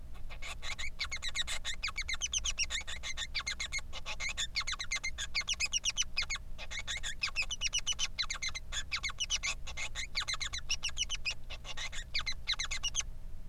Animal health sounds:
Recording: song of a male Bengalese finch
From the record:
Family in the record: son of father 3

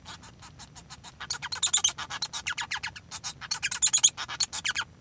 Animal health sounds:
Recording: song of a male Bengalese finch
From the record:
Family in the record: son of father 1

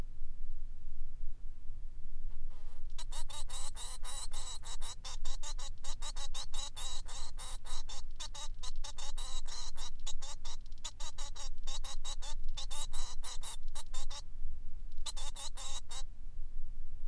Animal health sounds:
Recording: song of a male Bengalese finch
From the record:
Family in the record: son of father 3

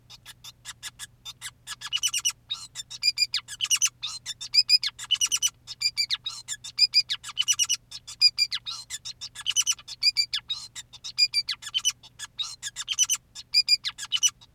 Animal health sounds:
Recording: song of a male Bengalese finch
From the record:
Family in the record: son of father 2, and himself father 5

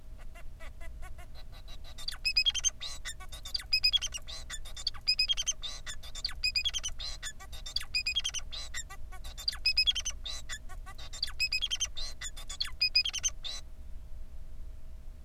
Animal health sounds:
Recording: song of a male Bengalese finch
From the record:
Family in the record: son of father 4

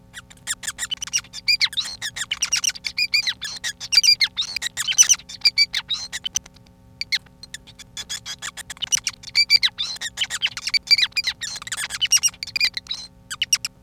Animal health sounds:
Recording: song of a male Bengalese finch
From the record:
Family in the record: son of father 5

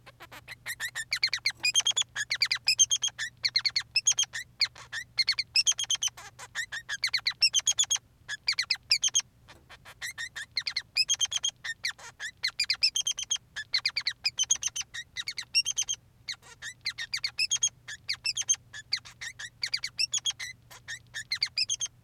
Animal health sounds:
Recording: song of a male Bengalese finch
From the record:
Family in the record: son of father 3

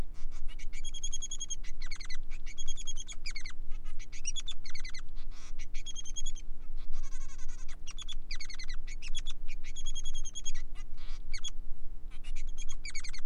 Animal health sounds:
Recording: song of a male Bengalese finch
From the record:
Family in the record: son of father 3

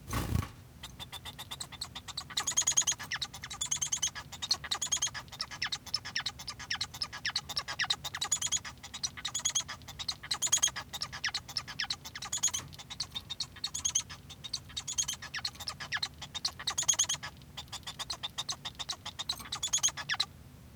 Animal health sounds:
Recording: song of a male Bengalese finch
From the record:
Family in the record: son of father 1

